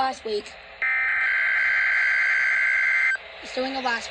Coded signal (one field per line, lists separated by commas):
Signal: Emergency Alert System (SAME) tones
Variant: header bursts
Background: speech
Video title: RWT #3 (EAS #31)